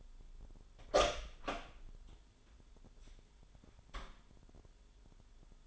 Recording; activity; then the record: daily activity, microphone in the room; open door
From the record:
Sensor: 5